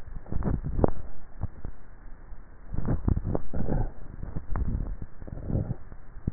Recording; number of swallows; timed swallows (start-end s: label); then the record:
swallowing sounds by neck microphone; 3
0.25-0.78 s: swallow
2.68-3.28 s: swallow
4.28-4.75 s: swallow
From the record:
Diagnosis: dysphagia